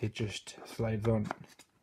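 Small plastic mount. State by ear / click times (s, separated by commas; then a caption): not seated / none. Someone talks while a small Ortlieb Micro Saddle Bag is slid onto its plastic-latch quick-release mount on the rails under a bicycle saddle. Only the talking and light handling sounds are heard, and nothing has seated or clicked yet.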